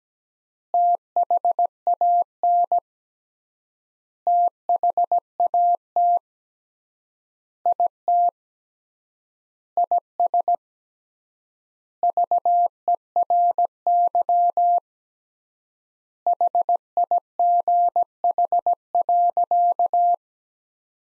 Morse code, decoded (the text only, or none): THAN THAT IT IS VERY HIGH.